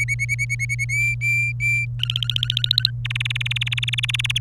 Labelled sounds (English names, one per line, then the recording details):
Domestic Canary song
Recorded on 27 April 2018 at 14:15
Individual llb3